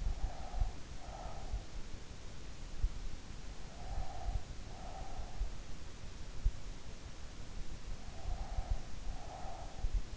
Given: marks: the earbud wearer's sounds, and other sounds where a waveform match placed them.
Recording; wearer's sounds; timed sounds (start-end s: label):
sounds in sleep by an in-ear microphone; breath
0.00-1.88 s: breath
3.61-5.78 s: breath
7.99-10.17 s: breath